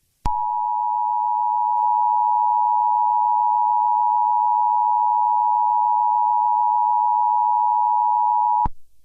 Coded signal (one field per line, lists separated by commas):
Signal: Emergency Alert System (SAME) tones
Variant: 853 and 960 Hz attention tone